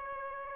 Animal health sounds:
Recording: mosquito wingbeat signal from an infrared sensor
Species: Aedes albopictus

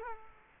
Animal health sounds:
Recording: mosquito wingbeat signal from an infrared sensor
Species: Culex quinquefasciatus

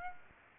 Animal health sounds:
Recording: mosquito wingbeat signal from an infrared sensor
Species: Aedes aegypti

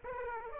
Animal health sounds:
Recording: mosquito wingbeat signal from an infrared sensor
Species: Aedes aegypti

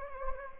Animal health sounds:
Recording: mosquito wingbeat signal from an infrared sensor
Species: Anopheles gambiae

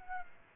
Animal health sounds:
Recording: mosquito wingbeat signal from an infrared sensor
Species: Aedes aegypti

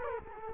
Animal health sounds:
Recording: mosquito wingbeat signal from an infrared sensor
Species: Culex quinquefasciatus

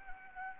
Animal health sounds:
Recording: mosquito wingbeat signal from an infrared sensor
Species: Anopheles gambiae

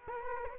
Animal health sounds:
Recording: mosquito wingbeat signal from an infrared sensor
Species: Culex quinquefasciatus

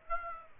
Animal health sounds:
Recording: mosquito wingbeat signal from an infrared sensor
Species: Aedes aegypti

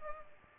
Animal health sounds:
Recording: mosquito wingbeat signal from an infrared sensor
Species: Culex pipiens

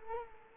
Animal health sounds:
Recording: mosquito wingbeat signal from an infrared sensor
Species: Culex quinquefasciatus

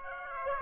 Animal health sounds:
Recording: mosquito wingbeat signal from an infrared sensor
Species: Aedes aegypti

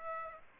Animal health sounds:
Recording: mosquito wingbeat signal from an infrared sensor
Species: Aedes aegypti

